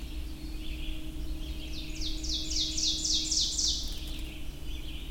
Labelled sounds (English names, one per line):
Ovenbird song